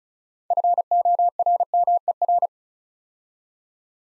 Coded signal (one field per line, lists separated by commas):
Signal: Morse code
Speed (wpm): 34 wpm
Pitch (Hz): 700 Hz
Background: none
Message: FORMER